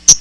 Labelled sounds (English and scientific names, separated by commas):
Hooded Warbler (Setophaga citrina) flight call